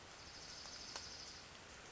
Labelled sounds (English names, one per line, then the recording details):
Dark-eyed Junco
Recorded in Sonoma County, California